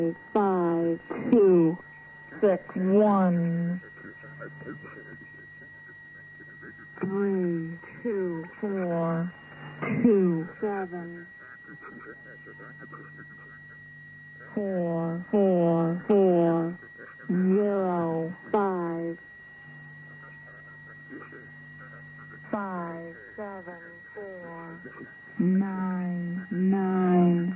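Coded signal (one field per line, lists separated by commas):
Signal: numbers station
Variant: English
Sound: voice reading digit groups of five evenly, with steady background tone and pauses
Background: radio hum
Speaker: so we're going to pause for a second and I'll play you a couple examples of them oh and these are shout out to the conet project on archive.org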